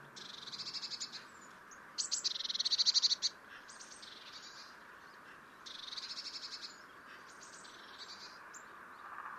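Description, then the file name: Eurasian blue tit scolding with harsh buzzy churring bursts, one louder rapid rattle, against noisy background hiss. "Cyanistes caeruleus"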